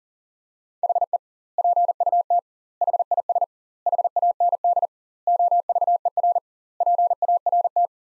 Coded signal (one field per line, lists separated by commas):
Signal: Morse code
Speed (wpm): 37 wpm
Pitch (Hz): 700 Hz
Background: none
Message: HE PUT HIS HAND OVER PART